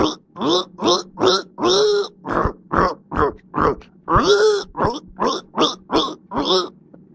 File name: Pig Sound